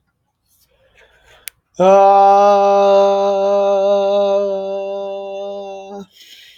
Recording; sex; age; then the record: vowel held as long as possible; male; 18 to 19 years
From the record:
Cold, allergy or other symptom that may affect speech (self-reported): no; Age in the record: 19 years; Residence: Minnesota, United States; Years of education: 12